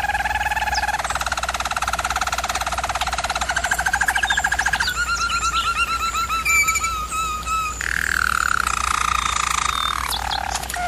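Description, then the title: German Roller canary song: low rolling trill stepping up in pitch, then rapid sweeping notes and a slowly descending rolled tour. German Roller canary singing, used for canary training. "German Roller Canary Singing - Canary Training Vid"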